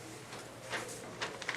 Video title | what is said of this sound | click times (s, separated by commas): Datamax M Class Thermal Transfer Printer | And then you go ahead and apply that pressure back down. You'll hear a click and it'll lock the print head back in place. | 1.4 s, 1.5 s